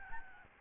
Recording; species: mosquito wingbeat signal from an infrared sensor; Aedes albopictus